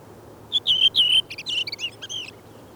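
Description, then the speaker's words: Redwing song: a brief series of bright whistled notes, ending in a short flurry of squeaky, warbled twitters. Arrives around the same time as the chaffinch; one of the commonest birds yet not well known; song starts with a far-carrying flute-like phrase and ends in quiet squeaky twittering; singing style varies between localities. "Punakylkirastas laulaa näin."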